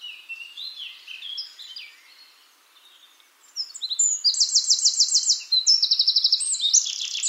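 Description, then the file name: Eurasian wren song, starting with quieter scattered high notes, then a loud, hurried sequence of rattling trills from midway to the end. "Troglodytes troglodytes"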